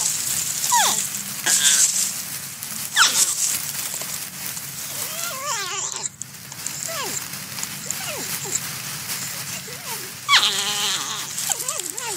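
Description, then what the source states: Porcupine squeaks: scattered short falling squeaks and a few quavering whines spread across the recording, over a constant hissing noise. In the forest.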